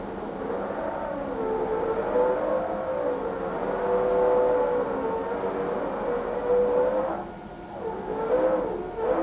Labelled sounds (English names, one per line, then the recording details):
none
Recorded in pastures near Pivijay, Magdalena, Colombia, on 17 April 2023 at 03:00
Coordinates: 10.456, -74.369
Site P6-G026